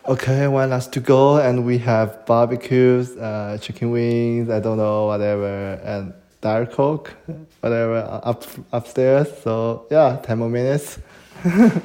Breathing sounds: free speech after running; male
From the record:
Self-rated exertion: light exertion (2 of 6); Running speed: 7 miles an hour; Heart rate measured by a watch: 97 beats a minute at the start, 101 at the end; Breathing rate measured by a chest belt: 18 breaths a minute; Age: 23 years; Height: 172 cm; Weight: 73 kg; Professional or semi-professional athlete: no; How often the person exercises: 3 to 5 times a week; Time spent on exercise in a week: over 5 hours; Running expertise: yes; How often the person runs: 3 to 5 times a week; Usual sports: running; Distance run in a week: 40 km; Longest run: 20 km

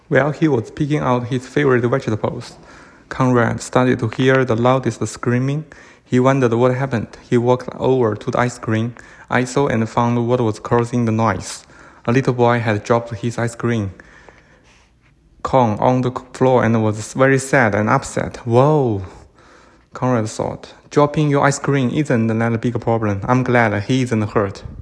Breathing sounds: reading aloud after running; male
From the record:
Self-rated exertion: vigorous exertion (4 of 6); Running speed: 10 miles an hour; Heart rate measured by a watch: 104 beats a minute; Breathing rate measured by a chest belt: 21 breaths a minute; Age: 37 years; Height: 174 cm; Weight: 76 kg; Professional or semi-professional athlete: no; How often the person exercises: over 5 times a week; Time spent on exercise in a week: over 5 hours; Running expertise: yes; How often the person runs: 3 to 5 times a week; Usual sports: running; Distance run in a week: 70 km

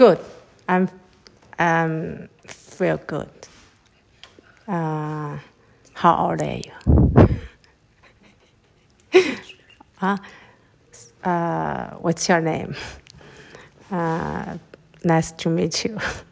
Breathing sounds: free speech after running; female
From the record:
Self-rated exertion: light exertion (2 of 6); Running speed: 7 miles an hour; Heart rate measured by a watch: 105 beats a minute at the start, 104 at the end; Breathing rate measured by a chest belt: 16 breaths a minute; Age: 55 years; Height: 157 cm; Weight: 48 kg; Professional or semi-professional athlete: yes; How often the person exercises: every day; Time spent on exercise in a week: over 5 hours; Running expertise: yes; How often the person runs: 3 to 5 times a week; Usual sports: running, swimming, yoga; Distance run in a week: 40 miles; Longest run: 20 miles

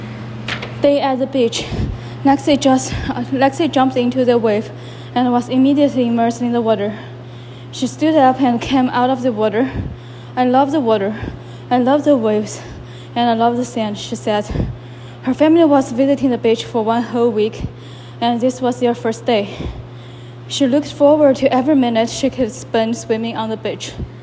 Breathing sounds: reading aloud after running; female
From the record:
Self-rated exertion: vigorous exertion (4 of 6); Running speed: 10 miles an hour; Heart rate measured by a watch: 152 beats a minute at the start, 134 at the end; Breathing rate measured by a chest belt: 35 breaths a minute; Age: 28 years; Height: 155 cm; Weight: 44 kg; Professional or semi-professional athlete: no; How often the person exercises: 3 to 5 times a week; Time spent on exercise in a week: over 5 hours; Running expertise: yes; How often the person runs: 3 to 5 times a week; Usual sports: running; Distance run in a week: 45 km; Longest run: 32 km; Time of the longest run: 200 minutes

